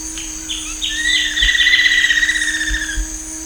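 Bird call: a prolonged whistled note with rich harmonics and a slight wavering, preceded by brief chips, over a low steady hum and insect noise.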